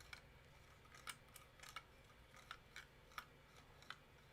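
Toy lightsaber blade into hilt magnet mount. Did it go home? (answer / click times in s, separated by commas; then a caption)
no / none. A toy lightsaber blade is pushed repeatedly against the magnet mount in its hilt, giving a series of small, sharp plastic knocks and ticks over a low background hum. The blade has not seated or clicked onto the magnets.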